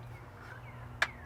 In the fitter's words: is a thing of beauty it just clicks into place so nice